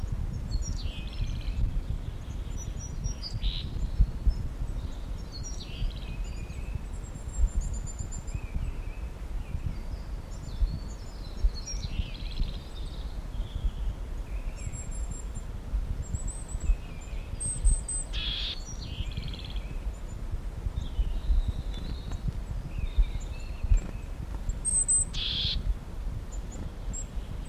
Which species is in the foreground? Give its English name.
Willow Tit